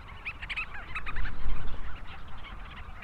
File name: Leachs Storm Petrel